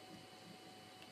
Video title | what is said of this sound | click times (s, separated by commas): Essential Oils 101 | you'll feel and hear a click usually and then it's on your bottle okay | 1.0 s